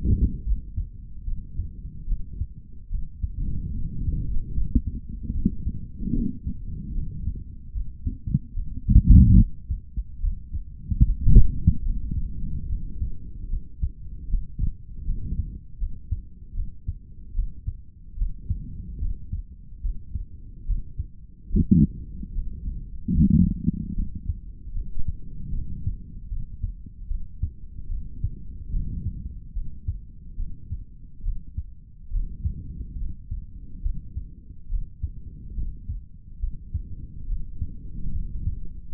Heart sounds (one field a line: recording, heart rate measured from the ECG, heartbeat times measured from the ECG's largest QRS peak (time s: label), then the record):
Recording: heart sounds by stethoscope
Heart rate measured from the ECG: 73 bpm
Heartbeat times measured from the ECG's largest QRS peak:
0.44 s: heartbeat
1.25 s: heartbeat
2.06 s: heartbeat
2.89 s: heartbeat
3.73 s: heartbeat
4.53 s: heartbeat
5.32 s: heartbeat
6.12 s: heartbeat
6.93 s: heartbeat
7.73 s: heartbeat
8.54 s: heartbeat
9.36 s: heartbeat
10.20 s: heartbeat
11.03 s: heartbeat
11.83 s: heartbeat
12.67 s: heartbeat
13.48 s: heartbeat
14.29 s: heartbeat
15.05 s: heartbeat
15.78 s: heartbeat
16.54 s: heartbeat
17.34 s: heartbeat
18.16 s: heartbeat
18.99 s: heartbeat
19.82 s: heartbeat
20.65 s: heartbeat
21.49 s: heartbeat
22.33 s: heartbeat
23.13 s: heartbeat
23.94 s: heartbeat
24.73 s: heartbeat
25.52 s: heartbeat
26.29 s: heartbeat
27.07 s: heartbeat
27.88 s: heartbeat
28.71 s: heartbeat
29.53 s: heartbeat
30.37 s: heartbeat
31.23 s: heartbeat
32.10 s: heartbeat
32.98 s: heartbeat
33.82 s: heartbeat
34.68 s: heartbeat
35.55 s: heartbeat
36.40 s: heartbeat
37.26 s: heartbeat
38.12 s: heartbeat
From the record:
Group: healthy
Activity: rest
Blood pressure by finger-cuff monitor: 114/90 mmHg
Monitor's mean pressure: 100 mmHg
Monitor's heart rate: 72 bpm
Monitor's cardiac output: 3.3 L/min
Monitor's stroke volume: 45 mL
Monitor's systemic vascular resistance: 2220 dyn s/cm5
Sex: male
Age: 55 years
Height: 167 cm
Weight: 57.2 kg